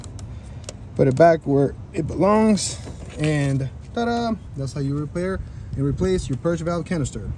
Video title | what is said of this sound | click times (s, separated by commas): 2015 CHRYSLER 200 2.4L ROUGH IDLE SHAKING FIXED FAST & EASY P0496 SMALL EVAP SYSTEM LEAK PURGE VALVE | make sure it clicks bring the safety down and pull the clip together | 0.7 s